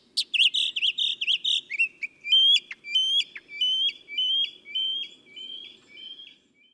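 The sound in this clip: Northern mockingbird song: a loud rapid burst of repeated notes followed by a steady series of repeated whistled, upslurred notes, faint low hum underneath.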